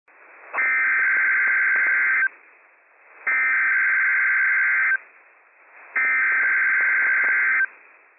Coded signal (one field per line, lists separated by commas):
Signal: Emergency Alert System (SAME) tones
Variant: header bursts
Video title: 2024 Great Shakeout Earthquake Drill - WWF56 - 10:17 AM PDT 10/17/24 - EAS #331